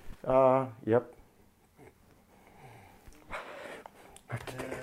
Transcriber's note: crying